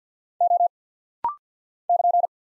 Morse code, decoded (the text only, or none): O <KN>